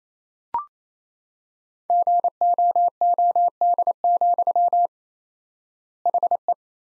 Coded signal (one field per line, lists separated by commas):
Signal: Morse code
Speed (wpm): 28 wpm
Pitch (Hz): 700 Hz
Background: none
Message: GOOD, HE